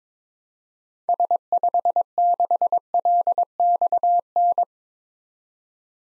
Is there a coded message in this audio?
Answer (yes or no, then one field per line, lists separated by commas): yes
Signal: Morse code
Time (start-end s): 1.1-4.6 s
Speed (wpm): 22 wpm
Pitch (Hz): 700 Hz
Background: none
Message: S56LXN